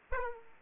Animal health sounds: mosquito wingbeat signal from an infrared sensor; Aedes aegypti

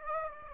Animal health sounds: mosquito wingbeat signal from an infrared sensor; Aedes aegypti

